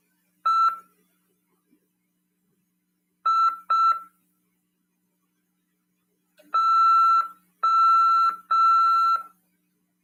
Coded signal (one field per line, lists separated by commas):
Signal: Morse code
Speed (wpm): 5 wpm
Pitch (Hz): 1340 Hz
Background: none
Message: E I TM